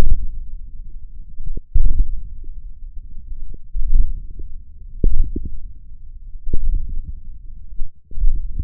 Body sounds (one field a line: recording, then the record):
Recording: forearm muscle sounds (acoustic myography)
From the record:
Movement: hook grip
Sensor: system 1, eight BSWA MPA416 microphones around the upper forearm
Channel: 8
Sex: male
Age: 20 years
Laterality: left